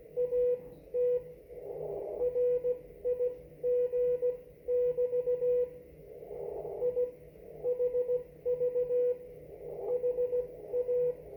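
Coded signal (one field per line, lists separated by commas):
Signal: Morse code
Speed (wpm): 17 wpm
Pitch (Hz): 490 Hz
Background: radio noise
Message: AT RIG <BT> I HV HA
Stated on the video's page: CQ call and CW conversation at 1 watt on the 30 meter band between southwest Ohio and northern Wisconsin, 519 miles apart.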